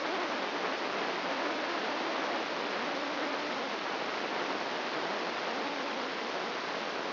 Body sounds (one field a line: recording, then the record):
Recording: brain microelectrode recording played as sound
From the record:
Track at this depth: outside the subthalamic nucleus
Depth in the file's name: 0.407 mm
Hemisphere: right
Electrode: 2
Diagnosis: Parkinson's disease